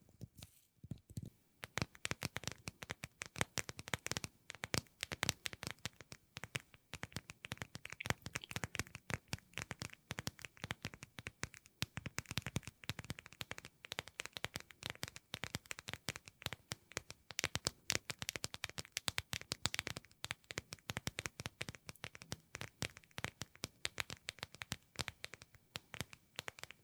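Fingernails tap rapidly and continuously on a hard surface. The clicks are crisp and bright, coming in dense, slightly irregular bursts with brief pauses. After a quieter first second or so, the tapping holds steady to the end.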